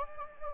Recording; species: mosquito wingbeat signal from an infrared sensor; Anopheles gambiae